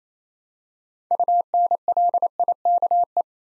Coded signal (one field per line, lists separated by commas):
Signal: Morse code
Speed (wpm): 27 wpm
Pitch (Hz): 700 Hz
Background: none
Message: UNLIKE